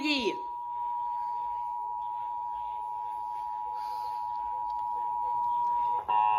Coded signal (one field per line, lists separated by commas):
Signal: Emergency Alert System (SAME) tones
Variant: 853 and 960 Hz attention tone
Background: speech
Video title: EAS CAE!!!!!!!!!